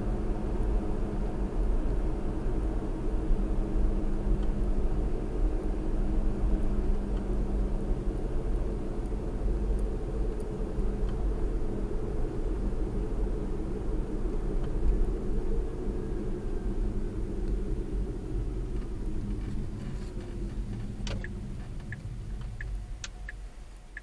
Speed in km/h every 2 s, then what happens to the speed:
56, 56, 55, 55, 52, 50, 47, 45, 40, 31, 19, 6.
0-6 steady at about 55. 6-24 slows to 6.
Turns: none.